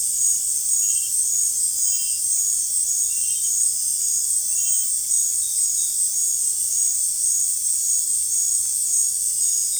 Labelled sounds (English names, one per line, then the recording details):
none
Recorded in dense forest near Puerto Asís, Putumayo, Colombia, on 23 June 2025 at 19:30
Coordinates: 0.503, -76.323
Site G059